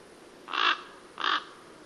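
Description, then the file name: Common raven making two short, harsh croaks roughly two thirds of a second apart against a low, even background hiss. "Corvo Imperiale"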